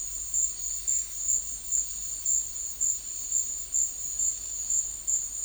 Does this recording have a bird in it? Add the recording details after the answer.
no. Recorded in secondary vegetation near Puerto Asís, Putumayo, Colombia, on 4 March 2025 at 12:00. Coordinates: 0.499, -76.323. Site G094